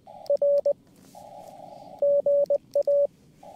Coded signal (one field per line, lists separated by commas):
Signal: Morse code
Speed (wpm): 20 wpm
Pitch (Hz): 570 Hz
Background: radio noise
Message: R GA